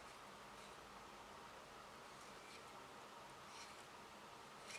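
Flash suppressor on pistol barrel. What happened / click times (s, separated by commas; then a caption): The part was worked and twisted but did not click into place / none. A flash suppressor is twisted on the barrel of a Springfield Hellcat pistol while the small lock button is held down, working it past a sticking point. Only faint, steady handling noise is heard, with a slight rise near the end. Nothing has seated or clicked yet.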